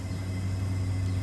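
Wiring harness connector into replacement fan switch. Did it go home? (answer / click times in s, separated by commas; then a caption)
no / none. A wiring harness connector, the second of two, is being plugged onto a new replacement fan switch for a Gen 2 and 3 unit. Only a steady low hum and rumble is heard, with no sharp sounds. Nothing has seated or clicked yet.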